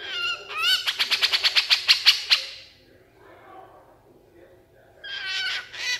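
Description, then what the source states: Horsfield's bush lark singing a rising whistle that breaks into a rapid trill, then a pause before another bright whistled phrase. Super gacor (vigorous, continuous) singing; a masteran recording for training cage songbirds.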